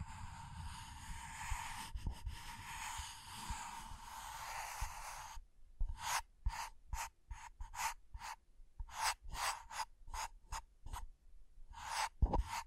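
Scratching and tracing on a surface, beginning as a continuous dense rasp for about five seconds. After a short pause it breaks into separate quick strokes, roughly one or two per second, each a bright scratchy burst with a faint steady tone underneath.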